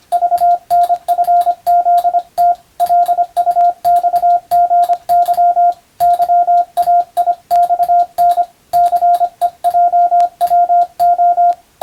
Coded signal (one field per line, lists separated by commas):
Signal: Morse code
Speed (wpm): 25 wpm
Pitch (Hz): 700 Hz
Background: radio noise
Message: VNFZT LUXGY YAIXN CEJWO